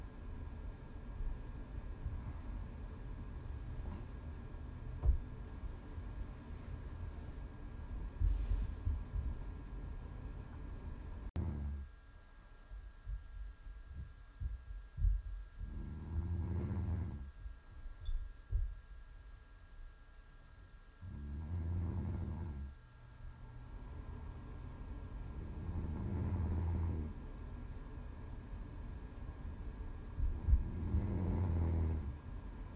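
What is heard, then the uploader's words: Snoring comes in slow, regular breaths, each rough, rumbling snore lasting about a second or two and recurring roughly every five seconds in the second half. The first ten seconds hold a steady low rumble with faint clicks before the snores emerge clearly. ASMR snoring.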